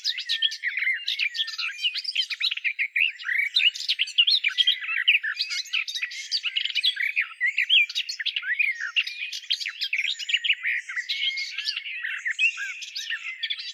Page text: Timo Tschentscher - садовая славка